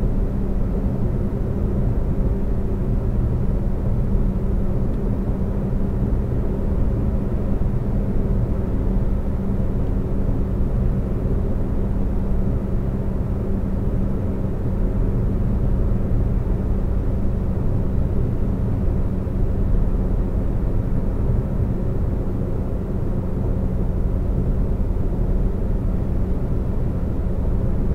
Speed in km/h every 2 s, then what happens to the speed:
130, 130, 130, 130, 130, 130, 130, 130, 130, 130, 130, 130, 130, 130.
0-28 steady at about 130.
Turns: none.